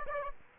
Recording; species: mosquito wingbeat signal from an infrared sensor; Aedes aegypti